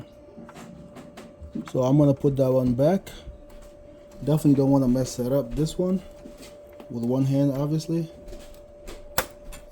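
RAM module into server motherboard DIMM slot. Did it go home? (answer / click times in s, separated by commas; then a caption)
yes / 9.2 s. A 32 GB RAM module is pushed back one-handed into a DIMM slot on a server motherboard while someone talks. A sharp click at 9.2 s shows the module has seated.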